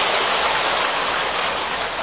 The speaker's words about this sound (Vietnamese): Mời để chúng lắng nghe lời chia sẻ của Đại Đức Thích Trí Huệ bằng một tràng pháo tay để cùng thỉnh.